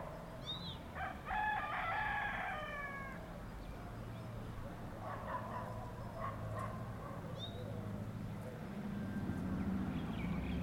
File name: Asian Village in the Afternoon with Birds Cocks and Dogs